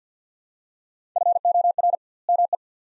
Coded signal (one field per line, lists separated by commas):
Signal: Morse code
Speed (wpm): 50 wpm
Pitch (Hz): 700 Hz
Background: none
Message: FOR ME